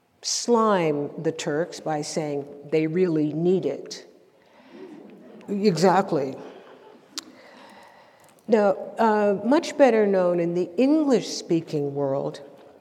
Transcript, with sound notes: slime the Turks by saying, “They really need it.” Exactly. (laughter) Now much better known in the English-speaking world